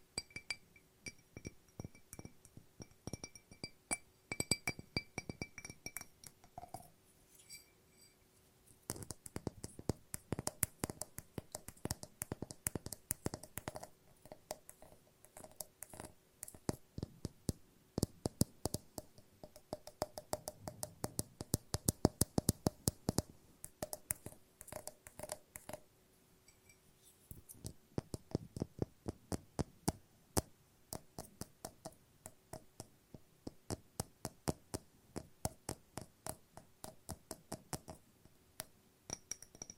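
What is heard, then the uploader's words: Glass is tapped in quick, uneven runs of sharp ticks, thickest from about 9 to 25 seconds, with short lulls near 9 and 26 seconds. Thin ringing tones hang beneath the taps in the opening seconds and again toward the end. ASMR No Talking Glass Tapping and Ringing Sounds.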